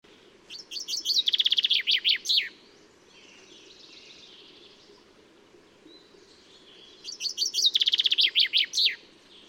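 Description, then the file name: Common chaffinch song: two bright phrases, each a quick run of repeated notes speeding into a trill and ending in a flourish, separated by a few seconds of quiet. "Fringilla coelebs"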